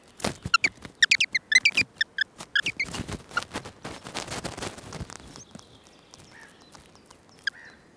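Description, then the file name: Eurasian wren giving a burst of hard, clicking ticks and short sharp notes in quick succession, thinning out after three seconds into quieter scattered clicks. "Troglodytes troglodytes"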